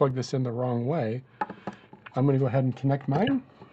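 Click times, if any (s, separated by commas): none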